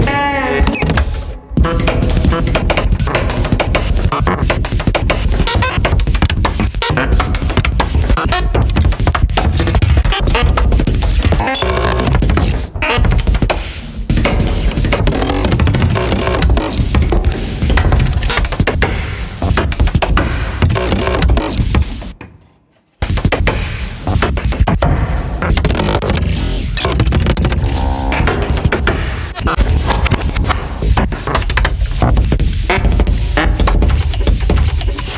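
An old door creaks and squelches almost without pause, with dense thumps and groans, a brief silence near 22 seconds, then more creaking.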